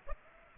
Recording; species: mosquito wingbeat signal from an infrared sensor; Aedes aegypti